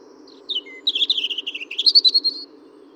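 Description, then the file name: European robin song phrase: a few thin notes, then a rapid run of warbling trills that rise in pitch toward the end, with a constant low hum behind. "Erithacus rubecula"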